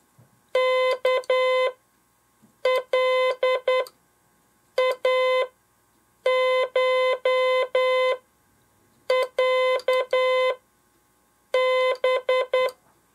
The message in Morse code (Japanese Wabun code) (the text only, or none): ワカイコロハ